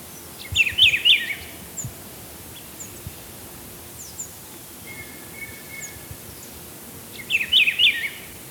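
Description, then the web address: Rufous-browed peppershrike singing a short, rich warbling phrase, repeated several seconds later, with faint chirps and a thin steady tone in between. From Ecuador. "Birds of Ecuador. Rufous-Browed Peppershrike"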